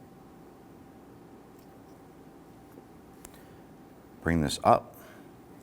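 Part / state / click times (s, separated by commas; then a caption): wiper blade to windshield wiper arm / not seated / none. A new windshield wiper blade for a 2007–2017 Jeep Patriot is picked up and brought toward the wiper arm before being hooked on and locked. The clip is mostly quiet handling with a brief faint tick at 3.3 s, and someone talks near the end. Nothing has seated or clicked yet.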